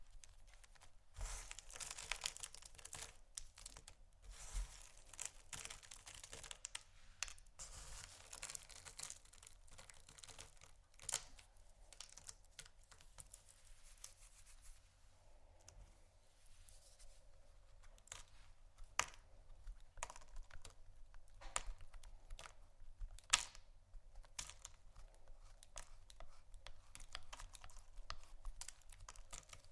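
Soap and candle carving brings dense, rapid scraping and ticking, a hissy bright shaving early, then sharper scattered clicks after fifteen seconds over a low hum.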